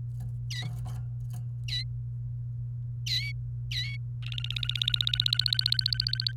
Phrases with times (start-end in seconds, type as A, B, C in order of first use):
0.51-0.68 A, 1.68-1.83 A, 3.06-3.32 A, 3.71-3.96 A, 4.22-6.32 B